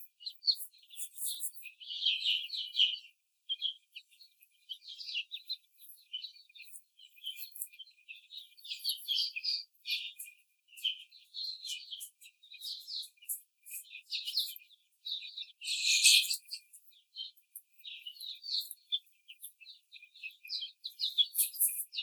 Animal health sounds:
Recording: young laying hens in a cage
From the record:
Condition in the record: after the stressor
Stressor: simulated dog barking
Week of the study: 4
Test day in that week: 2

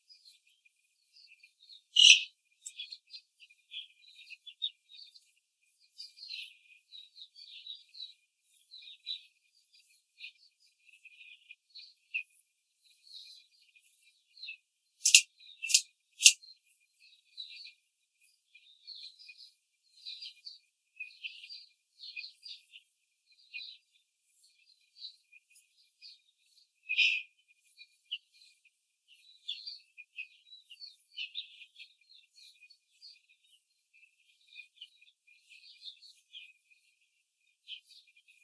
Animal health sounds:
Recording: young laying hens in a cage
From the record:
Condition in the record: control cage, after the stress test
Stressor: none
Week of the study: 4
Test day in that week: 1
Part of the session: 4

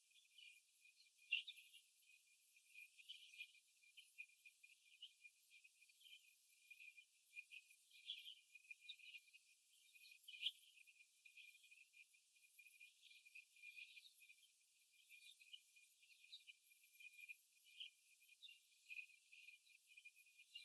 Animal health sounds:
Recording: young laying hens in a cage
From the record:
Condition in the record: after the stressor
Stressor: simulated dog barking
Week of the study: 1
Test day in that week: 2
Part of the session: 2

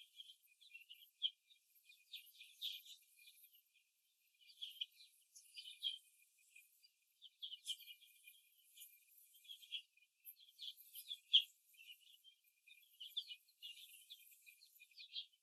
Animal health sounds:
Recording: young laying hens in a cage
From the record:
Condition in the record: after the stressor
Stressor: simulated dog barking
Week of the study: 2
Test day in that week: 2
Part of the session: 1

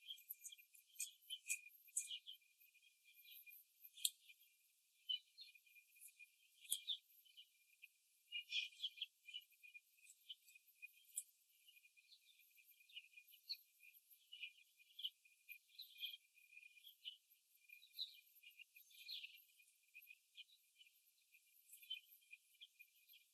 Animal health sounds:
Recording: young laying hens in a cage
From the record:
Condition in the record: before the stressor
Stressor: simulated dog barking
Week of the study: 2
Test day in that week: 3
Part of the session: 2

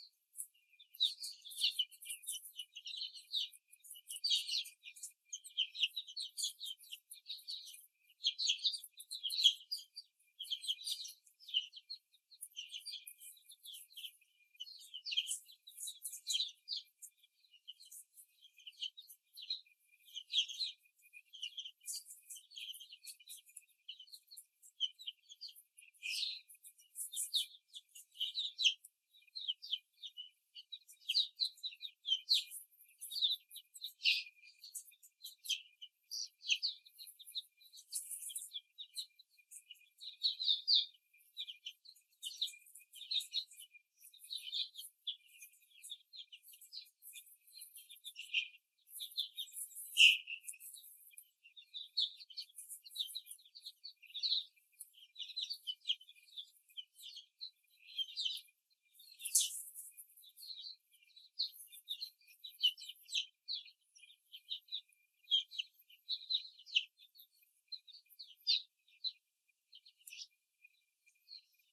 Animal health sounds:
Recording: young laying hens in a cage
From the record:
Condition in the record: before the stressor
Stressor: simulated dog barking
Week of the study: 3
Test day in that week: 1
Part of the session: 3

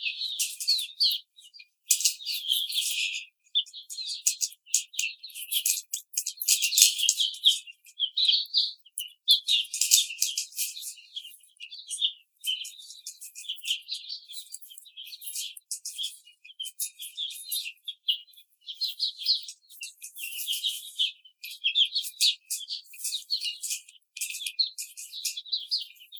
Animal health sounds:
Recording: young laying hens in a cage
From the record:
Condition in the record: treatment cage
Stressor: simulated dog barking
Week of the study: 5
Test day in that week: 1

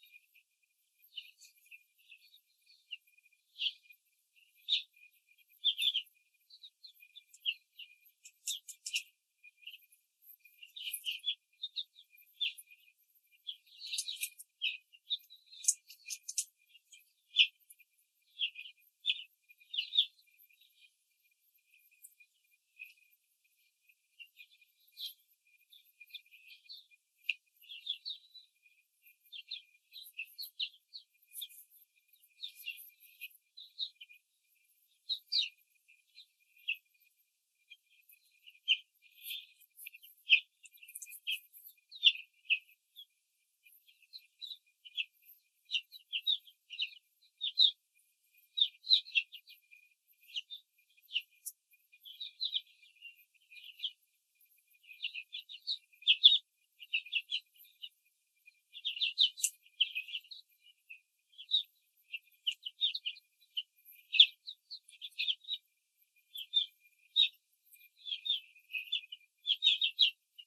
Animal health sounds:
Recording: young laying hens in a cage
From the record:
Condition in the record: control cage, before the stress test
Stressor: none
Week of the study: 4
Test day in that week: 3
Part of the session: 3

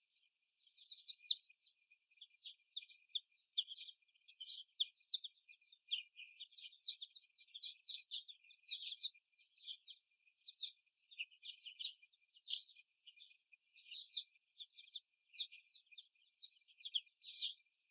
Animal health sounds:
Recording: young laying hens in a cage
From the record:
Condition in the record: after the stressor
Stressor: simulated dog barking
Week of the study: 1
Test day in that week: 1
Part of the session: 1

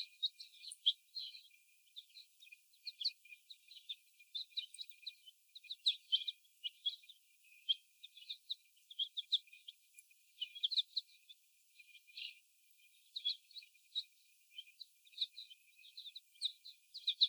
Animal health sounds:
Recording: young laying hens in a cage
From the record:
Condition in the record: before the stressor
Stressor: sudden umbrella opening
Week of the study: 1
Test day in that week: 1

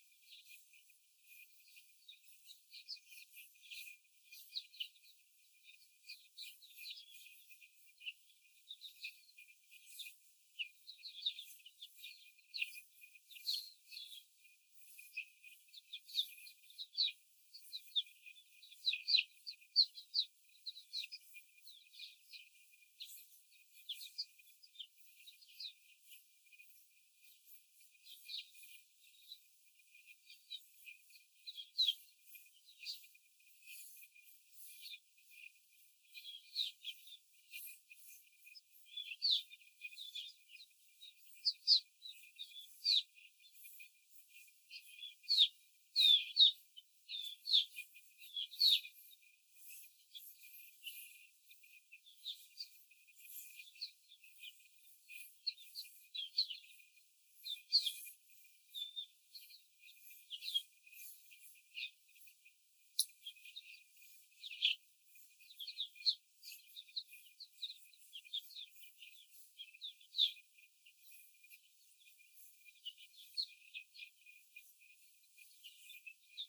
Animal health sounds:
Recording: young laying hens in a cage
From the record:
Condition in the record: after the stressor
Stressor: simulated dog barking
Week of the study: 4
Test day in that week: 1

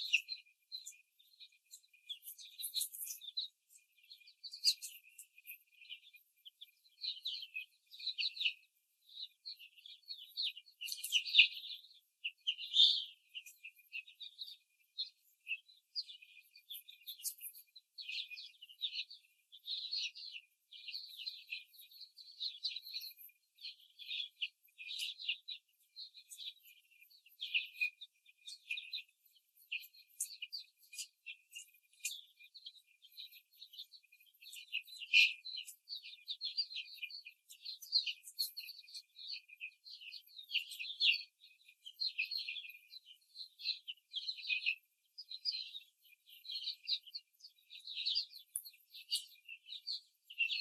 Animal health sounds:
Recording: young laying hens in a cage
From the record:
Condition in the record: before the stressor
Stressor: simulated dog barking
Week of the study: 3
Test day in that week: 2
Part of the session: 1

